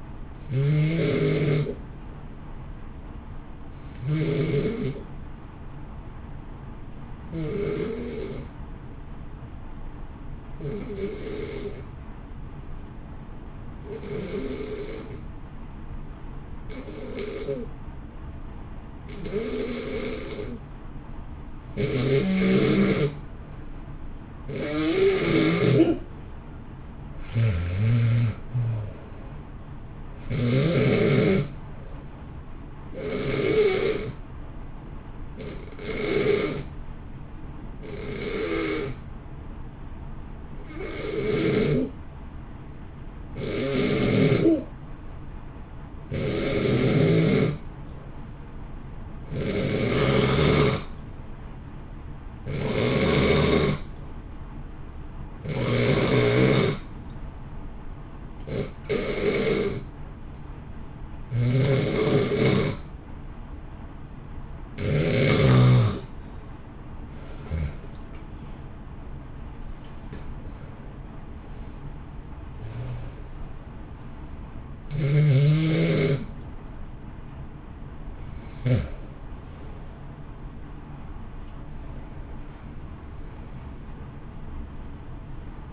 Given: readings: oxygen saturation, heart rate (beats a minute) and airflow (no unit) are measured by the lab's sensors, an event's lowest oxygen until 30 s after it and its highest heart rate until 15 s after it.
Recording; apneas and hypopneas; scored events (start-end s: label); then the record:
breathing in sleep by a smartphone at the bedside; 2
7.00-31.00 s: hypopnea (N2, oxygen 94% highest, then 86% lowest, heart rate 54 at the start, 66 highest)
43.00-64.80 s: hypopnea (N2, oxygen 91% highest, then 87% lowest, heart rate 60 at the start, 72 highest)
From the record:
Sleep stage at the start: N2 (light sleep); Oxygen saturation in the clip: 86 to 94%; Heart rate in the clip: 54 to 72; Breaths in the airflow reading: 26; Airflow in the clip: -2.9 to 3.1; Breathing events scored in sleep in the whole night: 328 in 6.3 hours asleep